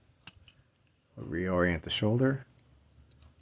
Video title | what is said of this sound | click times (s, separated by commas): Transformers War for Cybertron Studio Series 09 Gamer Edition Autobot Ratchet unboxing & review | Do the same thing on this side. Raise it up until it clicks. | 0.3 s